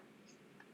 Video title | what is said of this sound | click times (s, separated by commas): HandiMop Sponge Mop Kit with 5Roller Wringer | green it to the side you'll hear it click it flips up you bring it over to your bucket | 0.6 s